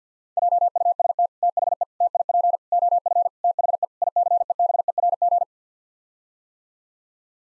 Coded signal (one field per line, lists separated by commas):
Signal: Morse code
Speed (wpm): 48 wpm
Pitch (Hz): 700 Hz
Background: none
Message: JUST THE TIP OF THE ICEBERG